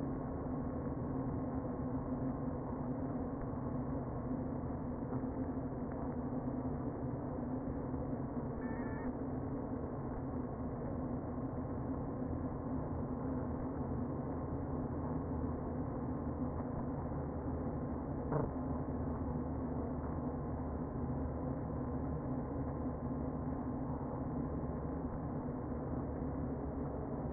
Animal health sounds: honeybee colony, microphone inside the hive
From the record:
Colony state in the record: queen present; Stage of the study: before two queens were removed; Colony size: about 60,000 bees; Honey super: yes

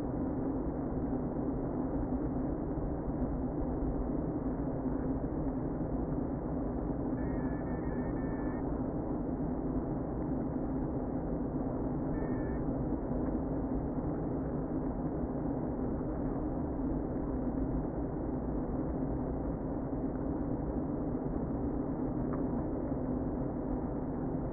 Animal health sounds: honeybee colony, microphone inside the hive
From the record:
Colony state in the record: queen present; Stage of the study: before two queens were removed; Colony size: about 60,000 bees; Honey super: yes

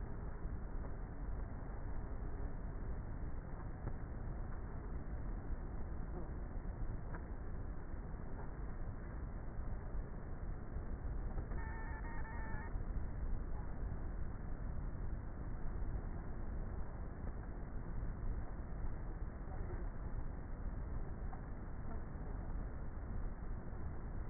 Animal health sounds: honeybee colony, microphone inside the hive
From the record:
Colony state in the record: queenless with a low population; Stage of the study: before two queens were removed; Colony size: about 30,000 bees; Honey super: no

